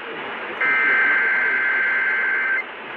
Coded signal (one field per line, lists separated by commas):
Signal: Emergency Alert System (SAME) tones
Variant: header bursts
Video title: EAS #803-804 WI RMT on WAUK and WISN